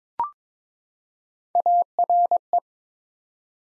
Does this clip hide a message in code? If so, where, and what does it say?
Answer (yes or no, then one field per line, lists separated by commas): yes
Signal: Morse code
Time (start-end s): 1.6-2.6 s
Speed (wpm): 23 wpm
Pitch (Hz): 700 Hz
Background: none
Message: ARE